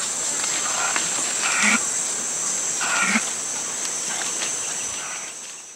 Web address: Natures Songs S America Mammals of the Rainforest Tayra